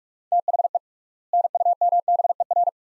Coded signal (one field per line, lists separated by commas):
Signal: Morse code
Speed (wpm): 42 wpm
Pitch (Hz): 700 Hz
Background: none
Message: THE NUMBER